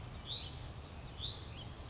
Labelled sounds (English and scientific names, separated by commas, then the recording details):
Hutton's Vireo (Vireo huttoni)
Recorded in Sonoma County, California